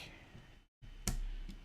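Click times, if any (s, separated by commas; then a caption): 1.1 s. A plastic LEGO brick piece is pushed down onto the studs of the model base while building set 76394, Fawkes. Over a quiet background with a brief silent gap, a single sharp click sounds at 1.1 s, and the piece is seated in place.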